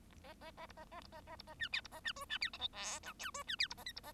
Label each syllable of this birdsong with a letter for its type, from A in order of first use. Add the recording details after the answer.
A A A B A A B A A B A C D B A C E C D F G H I J E C D B A K B A. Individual Bird1